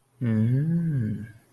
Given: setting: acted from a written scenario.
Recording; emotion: vocal sound without words; interest